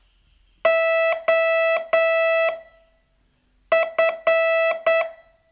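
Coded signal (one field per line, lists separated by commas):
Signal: Morse code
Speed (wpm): 10 wpm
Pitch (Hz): 660 Hz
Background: none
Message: OF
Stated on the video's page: Morse training test, day 39 of a 42-day course.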